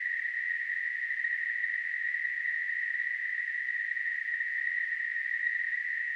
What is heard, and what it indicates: Tinnitus.